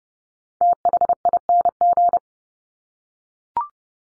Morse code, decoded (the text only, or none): THING